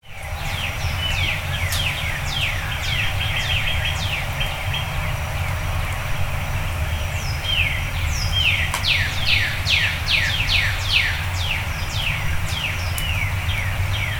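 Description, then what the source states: Bird song: many sharp descending whistled notes, with a continuous low rumble underneath. Birds singing before dawn.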